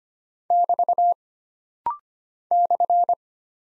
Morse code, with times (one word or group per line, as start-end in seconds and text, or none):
0.5-1.1 <BT>
2.5-3.1 /